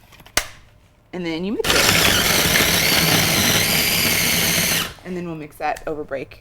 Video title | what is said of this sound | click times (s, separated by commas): Strawberry Lime Sorbet | that in there okay and then like I said you can make sure it's locked into place and then | 0.4 s